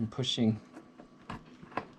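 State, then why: Not seated. Someone talks while a Polaris Ride Command rear camera is being pushed into its mounting hole in the body panel of a Polaris Pro XP UTV, with short, sharp handling sounds at about 1.3 and 1.8 seconds. The camera has not snapped into place yet; nothing has seated or clicked.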